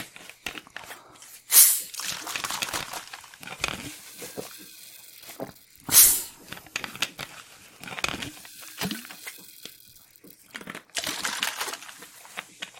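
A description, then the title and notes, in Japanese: Carbonated water. Two sharp, bright hissing bursts stand out near 1.5 and 6 seconds, with irregular crackling, fizzing and crinkling sounds scattered between them and a louder stretch of fizz near the end. ASMR咀嚼音 炭酸水。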